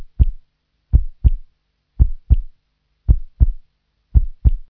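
A regular heartbeat at about 57 beats per minute, each beat a low-pitched paired lub-dub.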